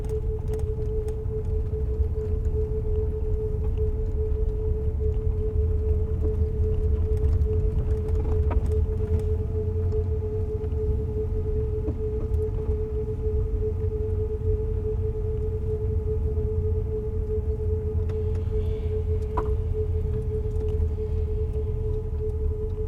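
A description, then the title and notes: A pure sine tone holds one steady mid pitch for the whole stretch, with a fainter tone above it, over a thick, constant low rumble like a running car. Soft ticks and brief knocks surface now and then, notably around eight and nineteen seconds. Driving in Amber Meulenijzer's Saab sculpture. Amber drives them around in her old Saab emitting sine waves from 12 speakers on the car roof interweaving with the sonic surroundings.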